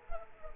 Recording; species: mosquito wingbeat signal from an infrared sensor; Culex quinquefasciatus